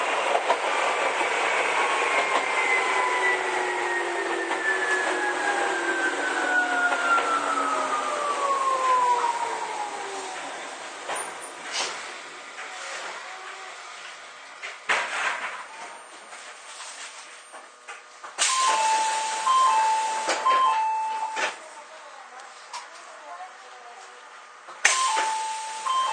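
An Izukyu 8000 series train slows with a falling whine over ten seconds, then quieter rumbling, clicks and brief chiming tones near 18 and 25 seconds.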